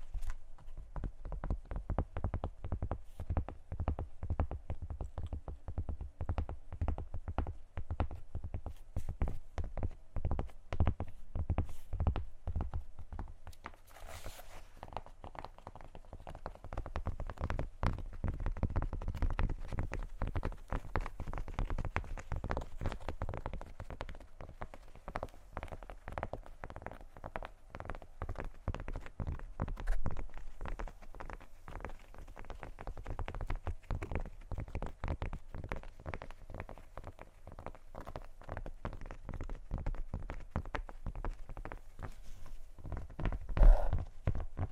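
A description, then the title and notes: Tapping on random objects, a quick, uneven stream of sharp taps and knocks that keeps going for the whole stretch with hardly a pause. A low steady rumble sits underneath, a brighter scrape rises around fourteen seconds, and one louder knock lands near the end. ASMR Tapping On Random Objects.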